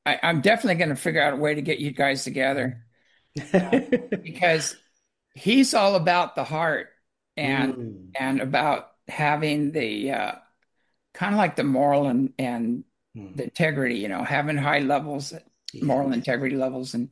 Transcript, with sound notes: I'm definitely gonna figure out a way to get you guys together.
(laughs)
Because he's all about the heart and, and about having the, uh, kind of like the moral and, and the integrity, you know? Having high levels, moral integrity levels